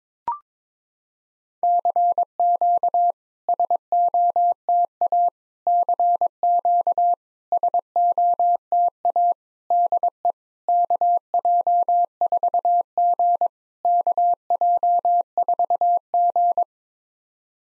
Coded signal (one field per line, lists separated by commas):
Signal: Morse code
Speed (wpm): 23 wpm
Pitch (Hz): 700 Hz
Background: none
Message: CQ SOTA CQ SOTA DE KJ4G KJ4G